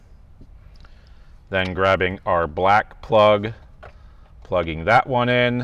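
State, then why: Not seated. A black harness plug for a Beat-Sonic ENA-3T3 Encore amplifier is being plugged into its amplifier T-harness connector during an install in a 2025+ Toyota 4Runner. Someone talks throughout, and a few faint ticks of handling are heard. The clip ends before the plug goes home, so nothing has seated or clicked yet.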